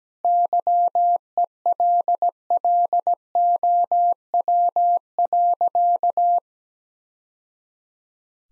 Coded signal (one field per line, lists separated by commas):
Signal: Morse code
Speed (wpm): 17 wpm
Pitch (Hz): 700 Hz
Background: none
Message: YELLOW.